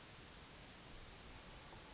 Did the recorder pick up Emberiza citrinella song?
no